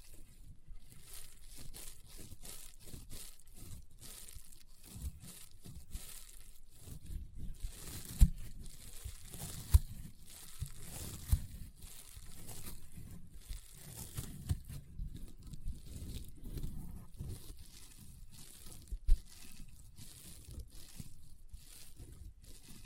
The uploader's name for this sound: EXTREME CRUNCHY AND POPPING SOUNDS Rainbow Honeycomb Slime